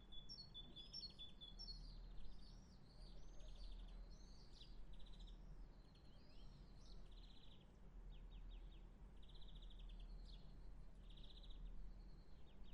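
Bird singing a lively run of high, looping whistled and chirped notes, dense at first and then spaced trills, over steady low-pitched background hum.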